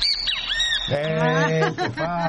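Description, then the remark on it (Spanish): A southern lapwing (tero) calls in summer with loud, harsh, repeated cries, starting with high squeaky chirps and moving into a steadier, buzzy, strongly harmonic call, then a few broken bursts. “Este es fácil. Este es el ventereo.”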